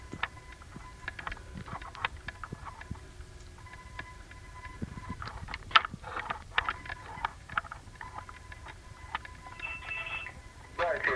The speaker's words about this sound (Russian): Но он сбросил. Сейчас я ему перезвоню, что он там скажет.